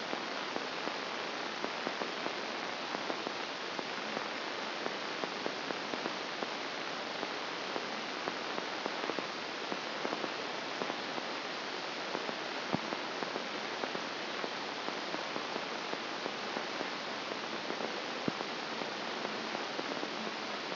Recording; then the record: brain microelectrode recording played as sound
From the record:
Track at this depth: outside the subthalamic nucleus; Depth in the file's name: 0.444 mm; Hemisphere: left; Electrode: 2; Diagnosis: Parkinson's disease